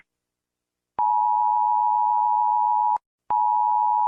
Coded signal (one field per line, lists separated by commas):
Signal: Emergency Alert System (SAME) tones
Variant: 853 and 960 Hz attention tone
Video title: United States EAS Alarm Mock (Wubbox Warning)